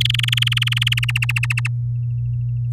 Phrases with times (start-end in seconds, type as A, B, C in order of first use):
0.00-0.99 A, 1.03-1.68 B